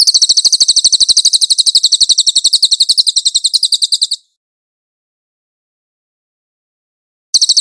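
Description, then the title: Cililin trilling: a sustained, high, rapid chatter for about four seconds, silence for three, then the trill starting again. "SUARA BURUNG CILILIN"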